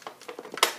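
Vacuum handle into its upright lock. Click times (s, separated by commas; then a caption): 0.6 s. The handle of a Dyson Cinetic Big Ball upright vacuum is pushed forward a second time, with a few light plastic ticks and knocks. At 0.6 s the plastic upright lock engages with a sharp, bright click. The handle is now seated in its upright lock.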